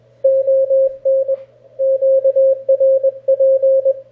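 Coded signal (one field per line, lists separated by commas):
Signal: Morse code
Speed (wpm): 20 wpm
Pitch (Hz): 540 Hz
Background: radio noise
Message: ON QRP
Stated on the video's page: First QSO with the Elecraft K1, a QRP rig.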